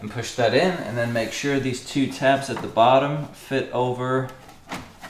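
Someone talks while refitting a plastic filler panel to the bumper of a 2011 Audi S5, pushing the top in first and then fitting the two bottom tabs over the bumper. Nothing has seated or clicked yet; the panel is still being handled and is not yet home.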